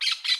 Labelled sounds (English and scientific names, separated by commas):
Brown-throated Parakeet (Eupsittula pertinax) contact call